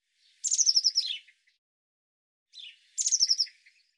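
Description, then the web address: Eurasian blue tit giving two quick, high, descending trilled calls, each lasting under a second, the second preceded by a soft lower note. "cianscape birddata Deverinetal 2025 File cleaned normalized Bird Cy Ca"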